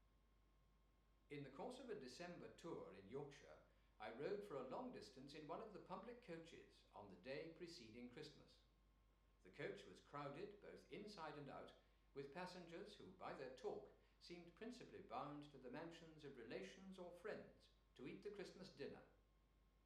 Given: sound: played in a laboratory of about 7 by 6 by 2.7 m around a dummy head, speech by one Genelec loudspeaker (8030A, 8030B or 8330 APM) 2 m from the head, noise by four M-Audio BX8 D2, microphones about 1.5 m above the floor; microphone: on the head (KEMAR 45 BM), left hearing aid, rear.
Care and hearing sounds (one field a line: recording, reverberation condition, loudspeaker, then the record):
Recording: male speech in English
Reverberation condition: medium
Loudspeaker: 90 degrees to the left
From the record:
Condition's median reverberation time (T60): about 510 ms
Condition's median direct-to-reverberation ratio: about -0.5 dB